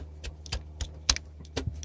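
A rubber spark plug wire boot is pushed back onto the spark plug of an outboard engine on a retry after it didn't click properly the first time. Several lighter taps and clicks sound over a steady low hum, and at 1.1 s the boot snaps home with the loudest, sharpest click, fully seated.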